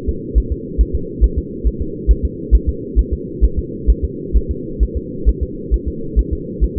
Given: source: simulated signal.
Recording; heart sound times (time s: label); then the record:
fetal heart sounds
0.09 s: S2
0.38 s: S1
0.52 s: S2
0.81 s: S1
0.95 s: S2
1.24 s: S1
1.38 s: S2
1.67 s: S1
1.81 s: S2
2.11 s: S1
2.25 s: S2
2.55 s: S1
2.69 s: S2
2.99 s: S1
3.13 s: S2
3.44 s: S1
3.59 s: S2
3.90 s: S1
4.05 s: S2
4.37 s: S1
4.51 s: S2
4.83 s: S1
4.97 s: S2
5.29 s: S1
5.43 s: S2
5.74 s: S1
5.88 s: S2
6.19 s: S1
6.33 s: S2
6.64 s: S1
6.78 s: S2
From the record:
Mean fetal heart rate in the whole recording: 135 bpm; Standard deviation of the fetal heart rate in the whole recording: 3 bpm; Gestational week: 34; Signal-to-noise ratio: -4.3 dB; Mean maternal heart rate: 72 bpm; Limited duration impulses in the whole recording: absent